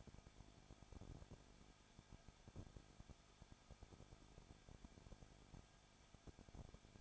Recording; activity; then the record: daily activity, microphone in the room; no activity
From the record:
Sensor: 5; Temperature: 20.9 degrees Celsius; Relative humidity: 35.0%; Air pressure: 994.7 hPa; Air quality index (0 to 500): 153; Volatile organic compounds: 2 ppm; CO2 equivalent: 1276 ppm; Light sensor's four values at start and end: 2/3/1/1 and 2/3/1/1